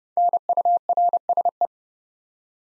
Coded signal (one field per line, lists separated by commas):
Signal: Morse code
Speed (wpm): 30 wpm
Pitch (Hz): 700 Hz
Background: none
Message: NURSE